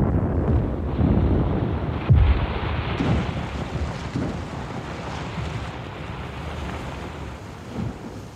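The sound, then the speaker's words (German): A muffled underwater explosion just off a steep, rocky shore lands as one deep, dull thud, throwing a huge fountain of water and foam skyward and raining metal fragments, rising briefly out of a steady rumble of churning water and wind that carries on afterward. No voices are heard. “Eine dumpfe Explosion unter Wasser.”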